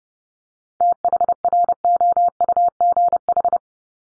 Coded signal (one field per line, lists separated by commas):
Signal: Morse code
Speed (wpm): 30 wpm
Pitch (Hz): 700 Hz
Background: none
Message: THROUGH